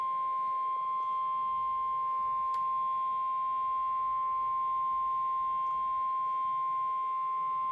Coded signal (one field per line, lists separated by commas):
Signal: Emergency Alert System (SAME) tones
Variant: 1050 Hz attention tone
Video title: DOUBLE HEADER! Severe Thunderstorm Warning+Special Marnine Warning EAS#78-79